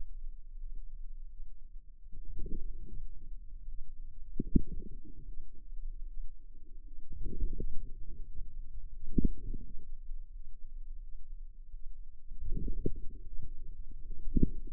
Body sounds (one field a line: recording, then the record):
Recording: forearm muscle sounds (acoustic myography)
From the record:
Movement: inward rotation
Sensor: system 2, bracelet of six BSWA MPA416 microphones around the upper forearm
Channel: 3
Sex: female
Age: 23 years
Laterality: right